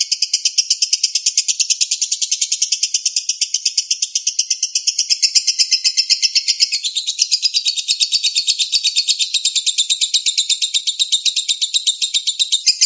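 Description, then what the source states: Lovebird chattering in a fast, unbroken run of shrill buzzy pulses, high-pitched and steady for the whole stretch without a pause. Song style called konslet.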